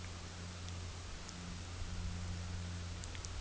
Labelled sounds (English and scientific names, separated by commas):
none